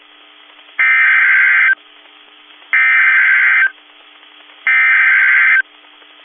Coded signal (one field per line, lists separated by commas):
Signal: Emergency Alert System (SAME) tones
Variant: header bursts